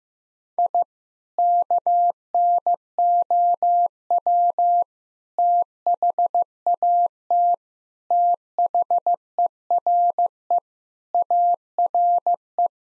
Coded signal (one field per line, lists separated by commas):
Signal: Morse code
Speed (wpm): 16 wpm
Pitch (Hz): 700 Hz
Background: none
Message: I KNOW THAT THERE ARE